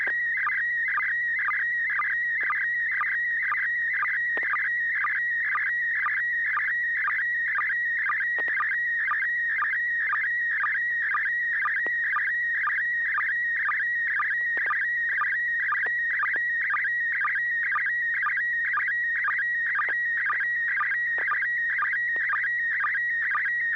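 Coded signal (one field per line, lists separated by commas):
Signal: SSTV (slow-scan television)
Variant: PD120 mode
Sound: warbling, chirping tone shifting in pitch, with a steady rhythmic tick about twice a second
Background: low electrical hum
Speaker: thank you this is going to be uh PD 120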